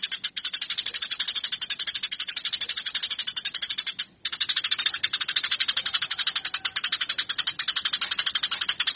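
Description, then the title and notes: Eurasian tree sparrow chattering nonstop in fast, buzzy high chirps, several per second, with one short break around four seconds. Fighting-style (tarung) song. "MASTER GEREJA TARUNG. burung gereja"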